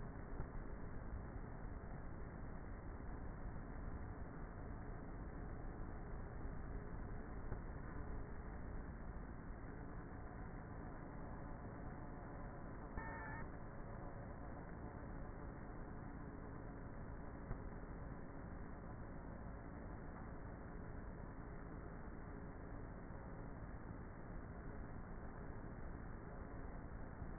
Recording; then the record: honeybee colony, microphone inside the hive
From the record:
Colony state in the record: queenless with a low population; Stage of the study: before two queens were removed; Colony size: about 30,000 bees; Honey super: no